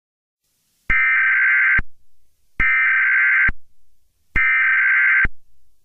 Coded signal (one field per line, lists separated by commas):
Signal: Emergency Alert System (SAME) tones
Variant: header bursts